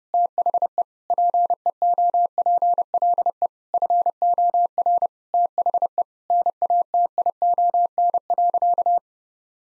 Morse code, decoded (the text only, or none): THE PEOPLE FOR THE NATION.